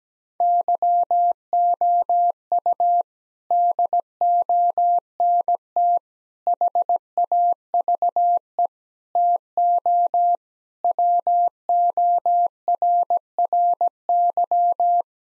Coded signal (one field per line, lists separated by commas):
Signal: Morse code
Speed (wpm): 17 wpm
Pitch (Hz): 700 Hz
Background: none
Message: YOU DONT HAVE TO WORRY